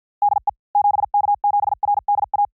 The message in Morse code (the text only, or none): DE 7K7RDA